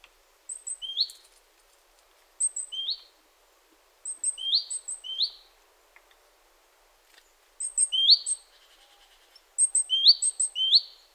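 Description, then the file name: Great tit calling in repeated bursts, each a high thin note pair then a lower buzzy note, given every few seconds with pauses between. "Parus major"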